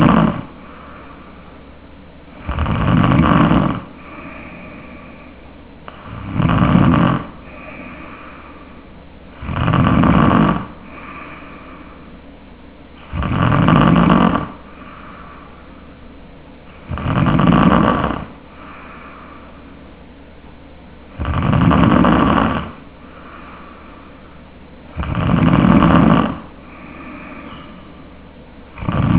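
Tongue base snoring in an adult sleeper: loud, low-pitched snores recur about 17 times a minute, each lasting a second or so, separated by quieter breathing.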